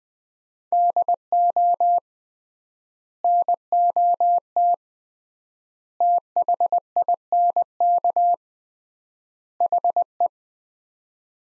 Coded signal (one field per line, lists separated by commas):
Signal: Morse code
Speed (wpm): 20 wpm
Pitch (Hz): 700 Hz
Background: none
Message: DO NOT THINK HE